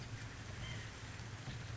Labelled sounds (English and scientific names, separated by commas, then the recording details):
White-breasted Nuthatch (Sitta carolinensis)
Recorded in Sonoma County, California